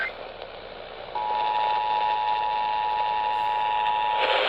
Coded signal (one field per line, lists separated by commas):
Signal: Emergency Alert System (SAME) tones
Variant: 853 and 960 Hz attention tone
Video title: Eas svr on kwkh 1130am Eas#639